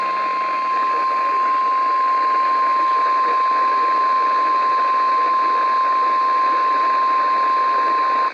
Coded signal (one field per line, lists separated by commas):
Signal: Emergency Alert System (SAME) tones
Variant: 1050 Hz attention tone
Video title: Required Weekly Test Madness!! Alerts on KIG86, WWG57, KJY68, and WXJ46 (EAS 24 to 27)